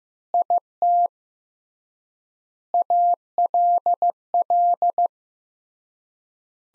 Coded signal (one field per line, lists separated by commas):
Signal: Morse code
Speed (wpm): 15 wpm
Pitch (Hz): 700 Hz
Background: none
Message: IT ALL